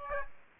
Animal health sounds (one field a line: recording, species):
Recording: mosquito wingbeat signal from an infrared sensor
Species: Aedes aegypti